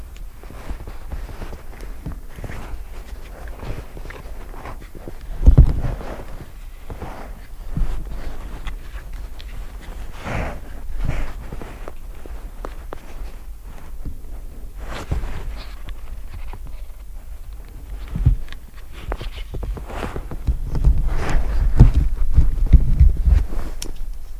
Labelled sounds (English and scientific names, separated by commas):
Boreal Owl (Aegolius funereus)